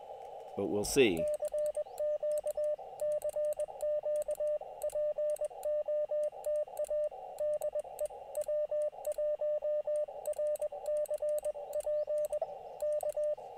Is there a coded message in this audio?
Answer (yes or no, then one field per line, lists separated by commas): yes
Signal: Morse code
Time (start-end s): 1.2-13.3 s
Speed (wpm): 21 wpm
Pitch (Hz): 600 Hz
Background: speech, radio noise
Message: CQ CQ POTA DE W1RCP K